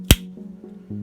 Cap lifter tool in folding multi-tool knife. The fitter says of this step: snaps really nice